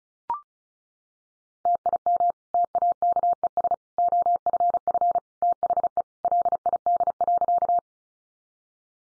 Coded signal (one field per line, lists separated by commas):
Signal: Morse code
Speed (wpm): 34 wpm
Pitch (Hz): 700 Hz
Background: none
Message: TIM TAKES OFF THE LID.